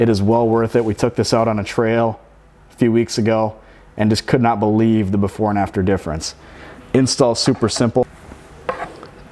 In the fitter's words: pops right in just like so